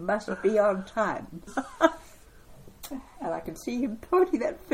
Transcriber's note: chuckle